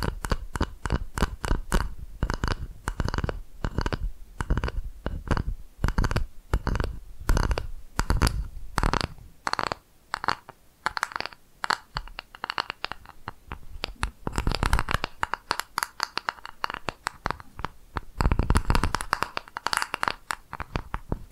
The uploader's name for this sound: ASMR Tapping Different Areas of Your Brain 3D Panning Triggers